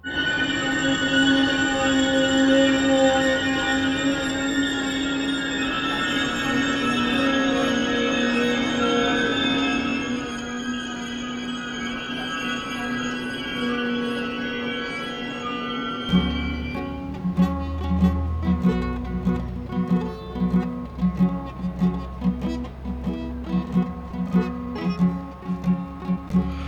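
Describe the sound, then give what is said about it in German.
A train hums with steady high-pitched tonal whine and metallic squeal, then starts moving as low rhythmic clacks and thumps of wheels on rails build up; no voices. “Der Zug geht wieder. Er verschluckt die Nachzügler. Er ist fahrbereit.”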